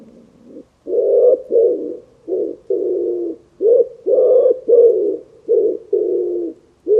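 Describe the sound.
Bird cooing, a faint opening note, then a run of low, rough coos of varied length.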